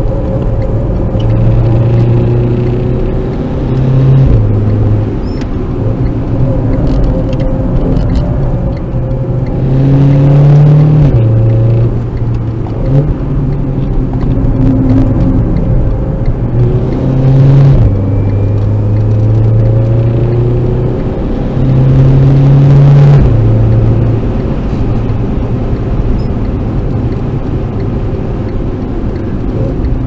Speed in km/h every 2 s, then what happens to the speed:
80, 95, 95, 77, 71, 79, 77, 69, 71, 85, 92, 108, 113, 108, 101.
0-5 speeds up to 95. 5-7 brakes to 71. 14-23 speeds up to 113. 23-30 slows to 101.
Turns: 5-8, 10-16.